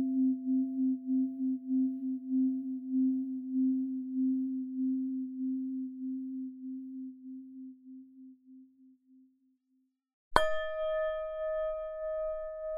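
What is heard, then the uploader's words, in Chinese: A Tibetan singing bowl hums with a low, wavering tone that pulses slowly and fades out over about nine seconds. After a brief silence, a second strike at around ten seconds rings out brighter and higher, with several clear overtones sustaining steadily to the end. 西藏頌缽 脈輪淨化。西藏頌缽的共鳴。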